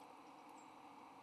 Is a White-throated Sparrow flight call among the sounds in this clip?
yes